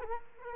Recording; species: mosquito wingbeat signal from an infrared sensor; Culex quinquefasciatus